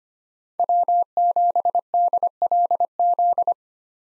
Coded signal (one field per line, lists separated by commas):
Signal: Morse code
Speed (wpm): 25 wpm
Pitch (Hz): 700 Hz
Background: none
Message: W7DLZ